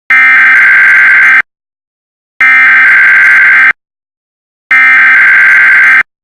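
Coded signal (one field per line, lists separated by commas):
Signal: Emergency Alert System (SAME) tones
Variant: header bursts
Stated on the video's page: Fictional EAS alert based on a real UK Met Office red snow warning, not a live event.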